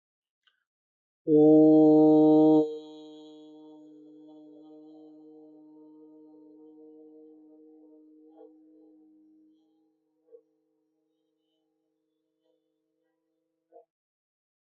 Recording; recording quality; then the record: sustained vowel as in boot; excellent, no background noise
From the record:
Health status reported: healthy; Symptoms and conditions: none ticked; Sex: male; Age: 30 years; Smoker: not ticked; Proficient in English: yes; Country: United States